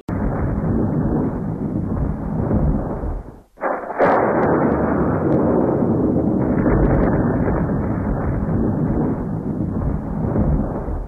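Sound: gunshots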